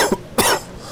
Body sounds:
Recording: coughing mixed with background sound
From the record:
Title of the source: Coughing 79

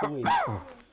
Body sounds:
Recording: coughing mixed with background sound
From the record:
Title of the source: Heavy cold and sore throat coughing.

